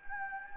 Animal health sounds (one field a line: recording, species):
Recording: mosquito wingbeat signal from an infrared sensor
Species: Anopheles gambiae